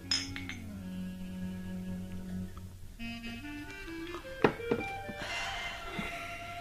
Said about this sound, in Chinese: 来，干杯。 干。